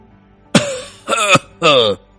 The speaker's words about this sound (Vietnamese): Viên Đào ho khan, giọng đầy tiếc nuối.